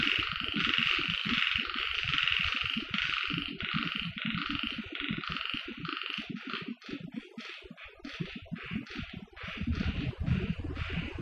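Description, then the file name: Frog chorus of many overlapping, rapidly repeated notes over a steady low rumble. On Okinawa. "Mikhail Iliatov - Okinawa Frogs"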